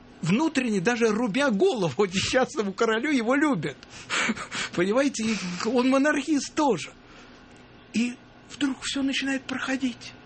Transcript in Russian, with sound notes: внутренне, даже рубя голову несчастному королю, его любит. (смеется) Понимаете, и он монархист тоже! И вдруг все начинает проходить,